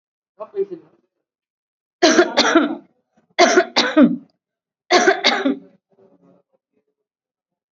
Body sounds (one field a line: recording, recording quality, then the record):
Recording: heavy voluntary cough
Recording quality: excellent, no background noise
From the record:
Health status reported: exposed to COVID-19, no respiratory illness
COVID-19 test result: not tested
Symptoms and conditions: none ticked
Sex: female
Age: 57 years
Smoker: not ticked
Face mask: not worn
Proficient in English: yes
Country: India